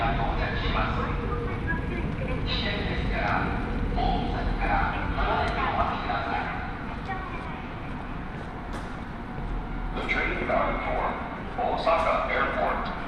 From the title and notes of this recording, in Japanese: 鉄道旅 大物→梅田→蛍池→大阪空港。蛍池で大阪モノレールに乗り換えて１駅先の大阪空港へと向かいます。